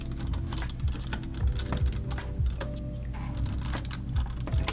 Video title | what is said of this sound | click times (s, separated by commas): 2009 LEGO vs. 2025 "Smart" LEGO: Darth Vader's TIE Fighter 🔴 LIVE BUILD | and clicks into place. | 4.7 s